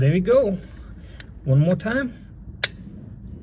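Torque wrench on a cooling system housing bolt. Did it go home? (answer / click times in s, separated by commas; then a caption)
yes / 2.6 s. A torque wrench is pulled a second time at its set value on a cooling system housing bolt during an engine coolant system replacement on a 2002 Mitsubishi Galant. Someone talks at the start and again around 1.5–2.1 s. A single sharp click at 2.6 s confirms the wrench has reached its torque setting.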